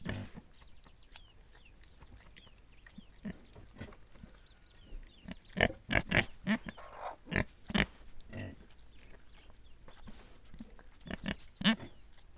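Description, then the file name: Pig grunts, sparse at first then coming in a fast irregular series, with faint bird chirps behind. Pigs recorded in Viñales. "Quiet American - pigs in Vinales"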